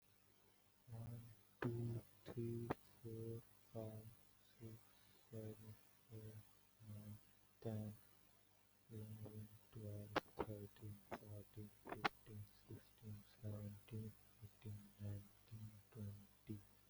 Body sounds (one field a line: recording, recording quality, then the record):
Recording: counting at a normal pace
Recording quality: excellent, no background noise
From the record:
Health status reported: exposed to COVID-19, no respiratory illness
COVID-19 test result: not tested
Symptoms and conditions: none ticked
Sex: male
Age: 22 years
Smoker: not ticked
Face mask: not worn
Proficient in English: yes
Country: India